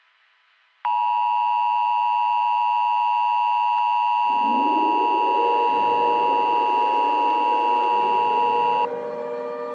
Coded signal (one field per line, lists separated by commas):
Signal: Emergency Alert System (SAME) tones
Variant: 853 and 960 Hz attention tone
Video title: (EAS Scenario) It's Just a Prank Bro! 2: 5 Years Later...